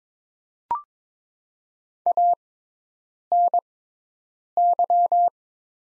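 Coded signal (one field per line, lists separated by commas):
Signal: Morse code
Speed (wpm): 22 wpm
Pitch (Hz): 700 Hz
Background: none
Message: ANY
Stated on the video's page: Morse practice of the top 200 words at 22 wpm with Farnsworth-style 6x character spacing.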